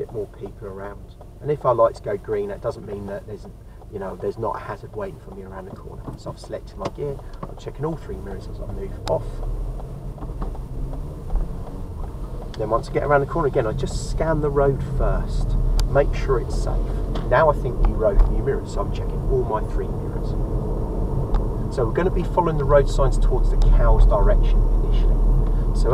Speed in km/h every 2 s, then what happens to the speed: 0, 0, 0, 2, 6, 10, 11, 13, 18, 23, 26, 29, 31.
0-6 standing. 6-26 pulls away to 31.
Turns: 9-16.